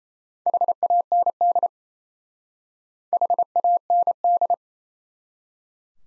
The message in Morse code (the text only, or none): HAND HAND